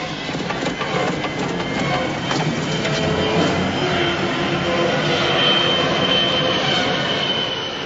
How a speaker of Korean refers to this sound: 순간, 버니는 비행기가 하강하는 소리를 듣습니다. 버니의 눈앞에서 비행기가 다리를 들이받았습니다.